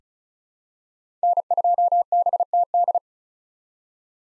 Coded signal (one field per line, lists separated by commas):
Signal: Morse code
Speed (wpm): 34 wpm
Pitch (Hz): 700 Hz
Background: none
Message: N2BTD